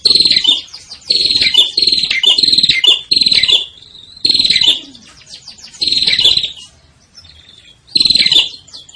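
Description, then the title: Prinia calling in repeated short, buzzy chattering bursts with a few quiet pauses between them. Red-headed prenjak type; meant for training caged birds. "Masteran Burung Prenjak Kepala Merah"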